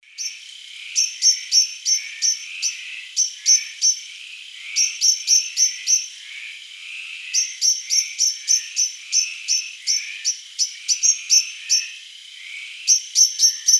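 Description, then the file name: Common blackbird chinking persistently, quick metallic notes in several runs, over a constant high-pitched background hum. "Turdus merula"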